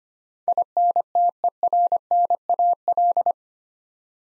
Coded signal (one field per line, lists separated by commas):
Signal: Morse code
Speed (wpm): 25 wpm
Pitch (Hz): 700 Hz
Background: none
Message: INTERNAL